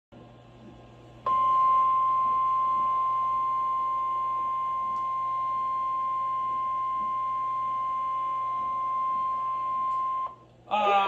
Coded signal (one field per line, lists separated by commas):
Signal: Emergency Alert System (SAME) tones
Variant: 1050 Hz attention tone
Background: speech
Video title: REQUIRED WEEKLY TEST - FAILED - EAS CAPTURE #6